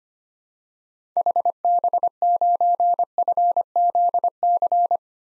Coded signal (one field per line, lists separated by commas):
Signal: Morse code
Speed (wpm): 25 wpm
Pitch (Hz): 700 Hz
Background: none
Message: HB9FZC